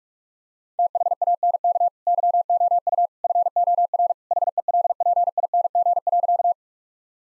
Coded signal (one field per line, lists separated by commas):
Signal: Morse code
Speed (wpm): 46 wpm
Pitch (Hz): 700 Hz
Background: none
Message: THANK YOU FOR HELPING.